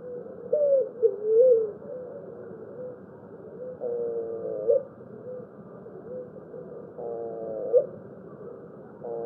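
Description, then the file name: Picazuro pigeon cooing: low rounded coos at first, then two longer rough, harmonic notes that each end in a short sharp accent, and a third starting at the end. "canto do pombao"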